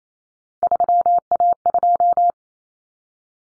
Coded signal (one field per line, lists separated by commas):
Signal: Morse code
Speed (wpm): 28 wpm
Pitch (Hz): 700 Hz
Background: none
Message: 3A2